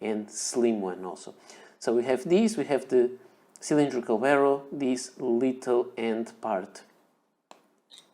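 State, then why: Released. Someone talks for most of the clip, then pulls the metal snap-on cap off a slim Lamy CP1 Matte Steel (model 59) steel fountain pen to uncap it. A single sharp, short click is heard at 7.5 s as the cap releases from its click fit on the pen body.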